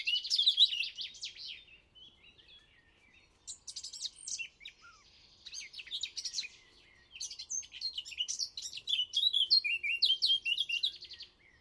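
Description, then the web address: Eurasian blackcap song: repeated rich warbling phrases mixing chatter and fluting whistles, with brief gaps between bursts. "chant didier collin fauvette a tete noire"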